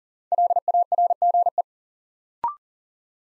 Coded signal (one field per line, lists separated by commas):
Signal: Morse code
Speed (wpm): 40 wpm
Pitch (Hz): 700 Hz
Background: none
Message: LARGE